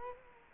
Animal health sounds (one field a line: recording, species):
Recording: mosquito wingbeat signal from an infrared sensor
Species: Culex quinquefasciatus